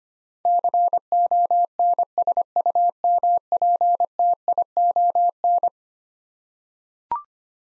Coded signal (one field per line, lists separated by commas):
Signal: Morse code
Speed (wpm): 25 wpm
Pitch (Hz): 700 Hz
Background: none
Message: CONSUMPTION